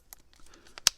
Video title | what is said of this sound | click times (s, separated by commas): Makita DHP482 Cordless Drill Review | like locks into place nicely | 0.9 s